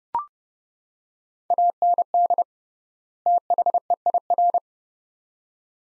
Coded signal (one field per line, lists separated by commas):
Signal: Morse code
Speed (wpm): 30 wpm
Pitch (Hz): 700 Hz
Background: none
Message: AND THEIR